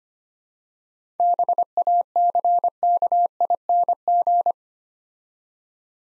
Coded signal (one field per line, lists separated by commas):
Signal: Morse code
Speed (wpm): 25 wpm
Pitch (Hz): 700 Hz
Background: none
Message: BACKING